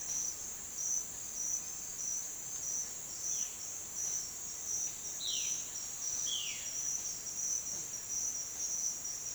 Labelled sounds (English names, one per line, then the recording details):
Violaceous Jay
Boat-billed Flycatcher
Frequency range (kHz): Violaceous Jay 1.6-4.6 kHz; Boat-billed Flycatcher 3.8-5.1 kHz
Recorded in secondary vegetation near Puerto Asís, Putumayo, Colombia, on 30 June 2025 at 10:00
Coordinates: 0.499, -76.323
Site G077